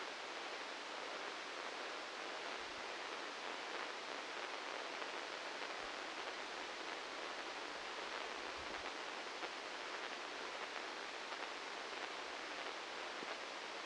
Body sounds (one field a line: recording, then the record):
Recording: brain microelectrode recording played as sound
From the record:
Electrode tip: inside the subthalamic nucleus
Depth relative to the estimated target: -2 mm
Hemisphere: left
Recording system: NeuroSet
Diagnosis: Parkinson's disease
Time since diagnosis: 15 years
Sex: male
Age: 65 years